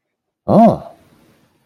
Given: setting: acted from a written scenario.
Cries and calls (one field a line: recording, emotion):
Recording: vocal sound without words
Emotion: interest